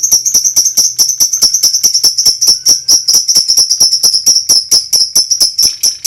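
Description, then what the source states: White-eye song, a fast unbroken rolling series of sharp high notes, bright and ringing throughout with no pause. Ngerol song style, delivered in ngalas or wild style.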